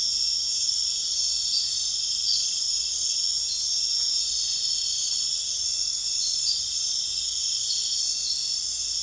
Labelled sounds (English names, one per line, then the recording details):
none
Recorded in dense forest near Puerto Asís, Putumayo, Colombia, on 8 March 2025 at 21:30
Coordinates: 0.484, -76.317
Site G064